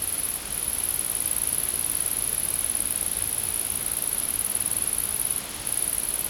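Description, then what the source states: Insect giving a continuous shrill, high trill with two brief dips, against faint background hiss. Insects in a field.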